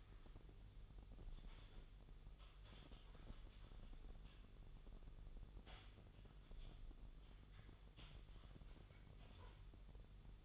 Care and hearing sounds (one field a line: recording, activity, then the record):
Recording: daily activity, microphone in the room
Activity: typing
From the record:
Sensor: 4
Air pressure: 989.6 hPa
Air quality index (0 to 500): 226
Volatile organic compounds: 87 ppm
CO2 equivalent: 3660 ppm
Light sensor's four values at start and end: 26/91/33/35 and 26/91/33/35